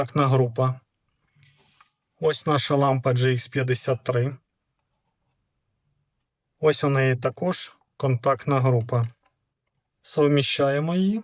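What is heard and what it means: A GX53 lamp is held up and handled before being fitted into the socket of a black VIDEX VL-SPF17C-BP track light fixture, with its contact pins shown before it is aligned for twisting in. Someone talks throughout, with only faint handling ticks around 1.4 s and 1.8 s between the speech. Nothing has seated or clicked yet.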